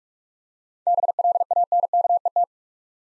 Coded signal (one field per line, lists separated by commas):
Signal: Morse code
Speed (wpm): 42 wpm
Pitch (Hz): 700 Hz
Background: none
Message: BLANKET